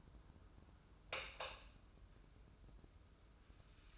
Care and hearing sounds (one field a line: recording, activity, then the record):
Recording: daily activity, microphone in the room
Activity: light on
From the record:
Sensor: 2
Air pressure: 995.2 hPa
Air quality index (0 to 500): 74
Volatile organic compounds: 2 ppm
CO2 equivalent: 1302 ppm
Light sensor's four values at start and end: 8/18/8/8 and 13/36/14/14